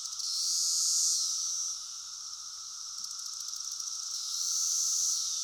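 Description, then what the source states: Cicada mating call, a loud shrill buzz that peaks, fades to a quieter pulsing stretch, then swells again, with a steady cicada chorus underneath. Male cicada giving mating calls, recorded close up with a chorus of cicadas in the background.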